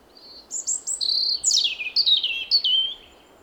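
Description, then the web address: European robin singing a rapid, varied phrase of high sweet whistles, tinkling notes and descending slurs, bright and jumbled, over a quiet background. "SETE Erithacus rubecula"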